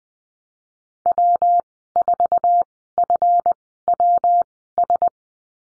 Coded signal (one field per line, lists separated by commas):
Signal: Morse code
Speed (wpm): 20 wpm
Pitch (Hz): 700 Hz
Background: none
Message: W4FWS